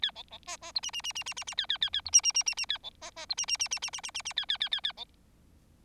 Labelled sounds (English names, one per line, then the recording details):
Bengalese Finch song
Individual Bird4